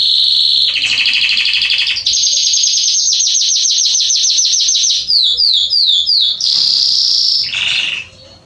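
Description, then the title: Belgian canary song with a buzzy low tour, a long fast high trill, repeated swooping descending notes, then a steady high trill and a lower ending. Male Belgian canary singing a lot, to train and warm up young canaries. "Canary Training Esquente Seu Filhote E Canario Belga Em 30 Minutos Macho Cantando Muito. CANTO DO CANRIO"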